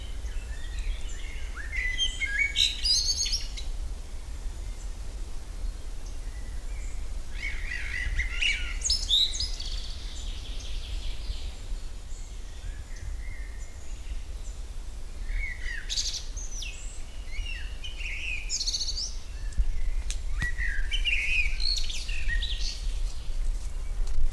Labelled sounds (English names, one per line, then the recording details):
Common Blackbird song
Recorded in the wild
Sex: male
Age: adult
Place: Lübars (Fließtal), Berlin, DE
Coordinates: 52.6167, 13.35
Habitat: forest
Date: 1999-05-30 12:55
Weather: fair, 26°C
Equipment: Sony MD-WM MZ-R3, Sennheiser ME 80, Kopie Uher 4000 Report Monitor
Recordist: Tembrock, Günter